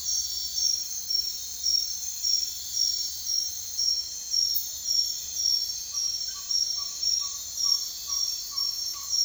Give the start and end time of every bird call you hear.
[5.78, 9.24] bird call (0.7-2.1 kHz)

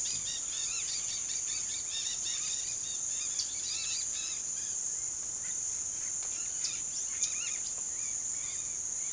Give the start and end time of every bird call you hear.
[0.00, 4.81] bird call (1.0-6.3 kHz)
[6.20, 9.13] bird call (1.0-6.2 kHz)

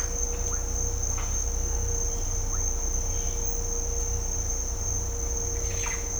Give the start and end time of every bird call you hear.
[0.32, 0.58] bird call (0.6-3.1 kHz)
[2.47, 2.65] bird call (0.9-2.4 kHz)
[5.59, 5.97] bird call (0.6-4.7 kHz)

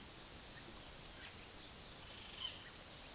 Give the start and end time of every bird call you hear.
[2.23, 2.70] bird call (0.9-6.2 kHz)

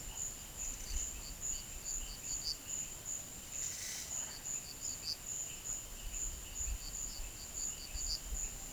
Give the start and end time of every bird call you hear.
[0.62, 2.64] bird call (4.0-6.6 kHz)
[4.32, 5.33] bird call (3.7-5.7 kHz)
[6.79, 8.25] bird call (4.0-5.4 kHz)

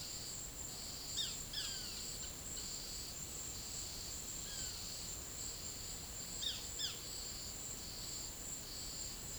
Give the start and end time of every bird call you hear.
[1.10, 1.91] bird call (1.0-6.2 kHz)
[6.34, 7.03] bird call (0.3-6.8 kHz)

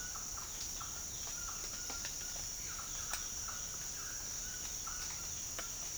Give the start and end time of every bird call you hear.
[0.00, 5.68] bird call (0.8-2.0 kHz)

